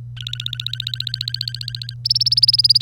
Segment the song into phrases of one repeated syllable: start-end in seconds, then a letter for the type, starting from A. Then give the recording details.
0.17-1.94 A, 2.05-2.82 B. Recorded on 25 April 2018 at 07:50. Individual llb3